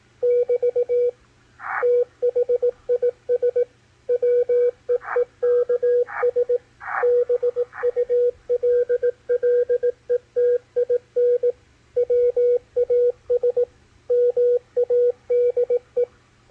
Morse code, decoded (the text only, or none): <BT> THIS WEEKS BULLETIN WAS MADE